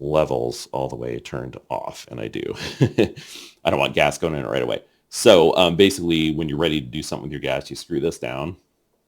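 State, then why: Not seated. Someone talks throughout while handling a small CO2 canister and a mini gas regulator with its levels turned all the way off so no gas goes in right away, ready to screw the canister down onto the regulator's piercing pin. Nothing has seated or clicked yet.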